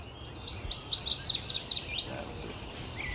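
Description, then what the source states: Northern Waterthrush song: a loud run of many sharp chirping notes over about a second and a half, with a faint thin whistle from another bird afterwards. Singing in the bushes at Great Meadows National Wildlife Refuge, Concord, Massachusetts, around 5 a.m. on a May morning in 2014; loud chirping song descending in pitch.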